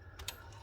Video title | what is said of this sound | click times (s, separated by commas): FT007: Citizen X3 Typewriter - Unpack and Clean | got the typewriter if we move it up so you can hear that click move it up | 0.2 s, 0.3 s